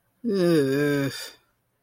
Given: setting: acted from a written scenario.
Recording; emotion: vocal sound without words; disgust